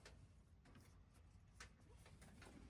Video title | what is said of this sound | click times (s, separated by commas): Thunderbolt Locks Y-Harness "Quick Connect" Ford Transit | You'll hear a positive click. Give it a tug to make sure it's locked on. | 1.6 s